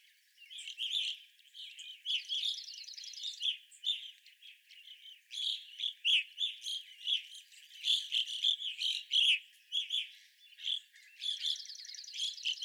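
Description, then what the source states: Evening grosbeaks calling, a dense chatter of short, clear chirps and squeaky notes overlapping almost continuously, with brief rattling buzzes at times. Several evening grosbeaks recorded on 25 April 2021.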